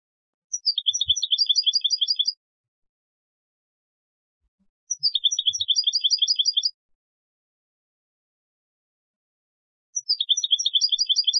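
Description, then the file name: European goldfinch calls: three bursts of rapid, high tinkling twitters, the first two about two seconds long, separated by quiet gaps of a few seconds. "Carduelis carduelis"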